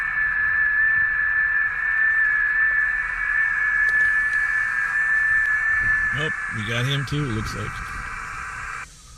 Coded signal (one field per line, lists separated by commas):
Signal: FT8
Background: speech